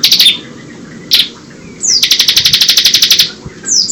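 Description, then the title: Bar-winged prinia giving two brief buzzy bursts, then a long evenly pulsed trill of rapid notes lasting over a second, followed by a falling slurred note. "Ciblek"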